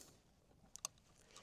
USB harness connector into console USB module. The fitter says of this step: It will snap into place. You'll hear that clip.